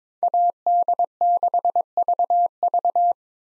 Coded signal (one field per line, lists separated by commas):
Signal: Morse code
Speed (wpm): 22 wpm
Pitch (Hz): 700 Hz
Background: none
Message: AD6VV